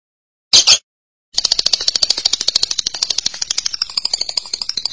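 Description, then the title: Lovebird song opening with a brief squeaky burst, then a quick, pulsing run of shrill buzzy notes. "BM Suara Burung Lovebird"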